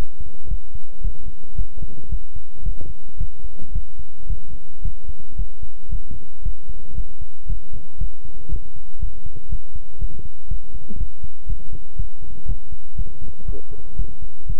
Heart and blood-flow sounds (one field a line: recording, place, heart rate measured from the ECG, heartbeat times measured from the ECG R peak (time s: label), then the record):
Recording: heart sounds by stethoscope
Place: between the tricuspid and mitral areas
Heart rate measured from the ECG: 116 bpm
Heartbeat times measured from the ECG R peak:
0.48 s: heartbeat
1.01 s: heartbeat
1.55 s: heartbeat
2.09 s: heartbeat
2.63 s: heartbeat
3.17 s: heartbeat
3.72 s: heartbeat
4.26 s: heartbeat
4.82 s: heartbeat
5.35 s: heartbeat
5.89 s: heartbeat
6.42 s: heartbeat
6.94 s: heartbeat
7.46 s: heartbeat
7.98 s: heartbeat
8.49 s: heartbeat
8.99 s: heartbeat
9.49 s: heartbeat
9.98 s: heartbeat
10.48 s: heartbeat
10.97 s: heartbeat
11.46 s: heartbeat
11.96 s: heartbeat
12.46 s: heartbeat
12.95 s: heartbeat
13.45 s: heartbeat
13.96 s: heartbeat
14.46 s: heartbeat
From the record:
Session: pedaling a stationary bicycle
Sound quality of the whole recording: good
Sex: male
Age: 24 years